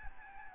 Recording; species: mosquito wingbeat signal from an infrared sensor; Aedes albopictus